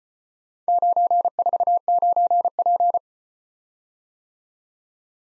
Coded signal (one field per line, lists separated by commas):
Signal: Morse code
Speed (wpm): 33 wpm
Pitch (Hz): 700 Hz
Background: none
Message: 949P